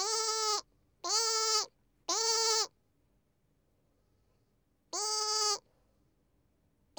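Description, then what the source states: Lamb giving three bleats close together, then a pause before a fourth bleat and the start of another; otherwise silent. Young animal (lamb).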